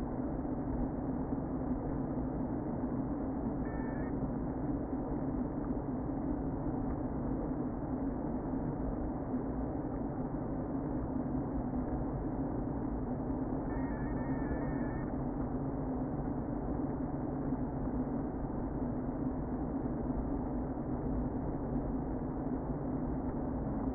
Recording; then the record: honeybee colony, microphone inside the hive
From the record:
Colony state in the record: queen present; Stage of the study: before two queens were removed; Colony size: about 60,000 bees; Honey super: yes